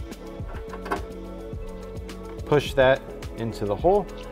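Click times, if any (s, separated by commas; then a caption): none. A 6+2 pin PSU PCIe power cable is handled near the graphics card's power socket, where it is meant to be pushed in until its plastic latch clicks. Someone talks over background music, with a few faint ticks around 0.9 s and 2.1 s. Nothing has seated or clicked yet.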